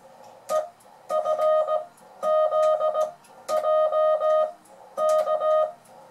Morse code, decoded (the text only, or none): EFZJK